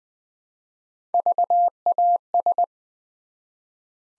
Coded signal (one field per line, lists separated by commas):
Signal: Morse code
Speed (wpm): 20 wpm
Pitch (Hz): 700 Hz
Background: none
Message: VAS